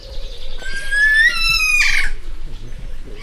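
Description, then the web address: Kea giving a loud, rising, harmonic whistled screech lasting about a second and a half, with low rumbling background noise. Captive kea in a zoo at Jászberény, Hungary, recorded in 2015. "allathangok jaszberenyizoo 2015. kea"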